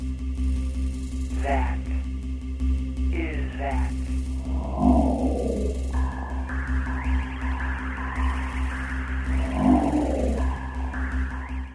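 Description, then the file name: Cat meowing in several drawn-out calls with arched, wavering pitch, spaced a few seconds apart, over a constant low electrical hum and steady hiss. "gato"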